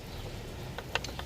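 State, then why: Partly seated. A wiring connector is pushed again onto the fuel rail pressure sensor of a 2015 Ford Mustang with a P0193 fault. A faint tick at 0.8 s is followed by a sharper click at 1.0 s, then lighter ticks at 1.1 and 1.2 s over a steady low background. The plug clicks but does not lock: it is not fully home and still moves.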